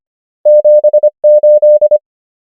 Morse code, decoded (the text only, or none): 7 8